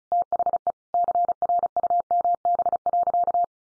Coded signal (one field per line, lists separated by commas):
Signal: Morse code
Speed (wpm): 34 wpm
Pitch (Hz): 700 Hz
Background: none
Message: THE CRUMB.